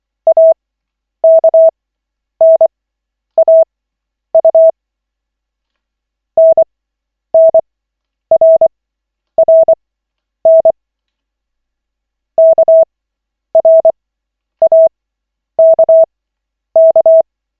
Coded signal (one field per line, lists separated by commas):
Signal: Morse code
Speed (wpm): 24 wpm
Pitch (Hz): 650 Hz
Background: none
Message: AKNAU NNRRN KRAKK